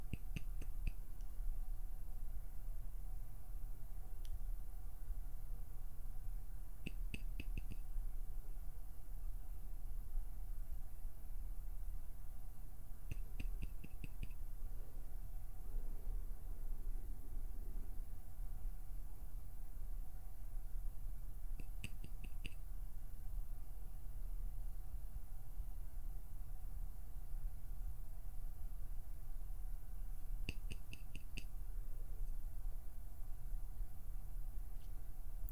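Fingers pluck, pinch and flutter in short clustered bursts of soft clicks, near 7, 13–14, 22 and 30–31 seconds, with a lone tick around 4 seconds. Underneath runs a steady low hum with a faint constant tone, and the level stays even throughout.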